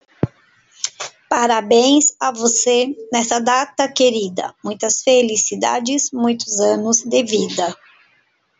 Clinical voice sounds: short text; Brazilian Portuguese; female; 50 to 59 years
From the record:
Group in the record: control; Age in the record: 57 years

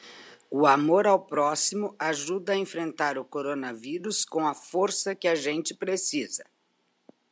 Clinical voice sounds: spoken sentence; Brazilian Portuguese; female; 60 to 69 years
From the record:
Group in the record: control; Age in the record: 63 years

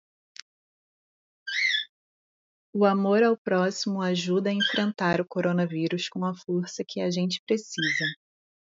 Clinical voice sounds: spoken sentence; Brazilian Portuguese; female; 30 to 39 years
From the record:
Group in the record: control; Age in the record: 35 years

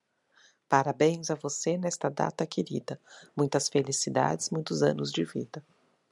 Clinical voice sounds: short text; Brazilian Portuguese; female; 40 to 49 years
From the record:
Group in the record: control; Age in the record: 41 years

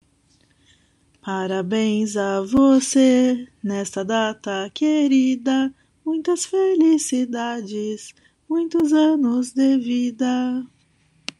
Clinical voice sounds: short text; Brazilian Portuguese; female; 30 to 39 years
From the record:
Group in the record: control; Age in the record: 39 years

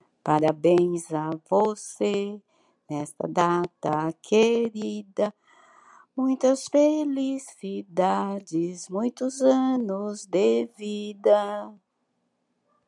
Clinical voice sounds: short text; Brazilian Portuguese; female; 70 to 79 years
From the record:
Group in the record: control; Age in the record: 72 years

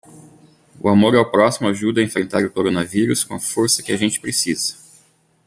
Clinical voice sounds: spoken sentence; Brazilian Portuguese; male; 40 to 49 years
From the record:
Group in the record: control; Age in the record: 40 years

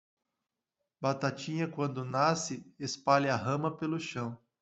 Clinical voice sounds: short text; Brazilian Portuguese; male; 40 to 49 years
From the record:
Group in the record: control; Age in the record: 41 years

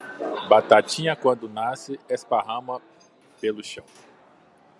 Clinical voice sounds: short text; Brazilian Portuguese; male; 40 to 49 years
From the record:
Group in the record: control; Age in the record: 42 years

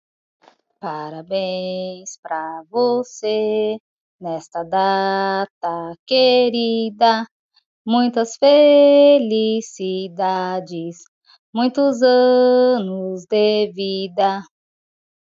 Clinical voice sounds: short text; Brazilian Portuguese; female; 30 to 39 years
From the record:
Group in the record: control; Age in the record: 33 years

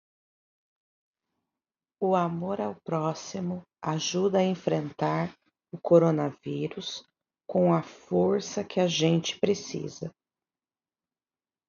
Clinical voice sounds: spoken sentence; Brazilian Portuguese; female; 30 to 39 years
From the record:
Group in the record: control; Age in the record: 35 years

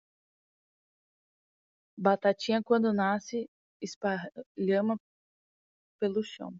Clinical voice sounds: short text; Brazilian Portuguese; female; 20 to 29 years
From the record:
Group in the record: control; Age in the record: 24 years

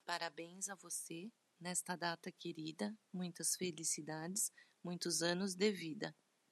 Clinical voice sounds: short text; Brazilian Portuguese; female; 40 to 49 years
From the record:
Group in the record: control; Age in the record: 46 years

